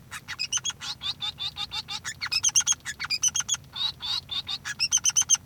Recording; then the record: song of a male Bengalese finch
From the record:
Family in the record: son of father 3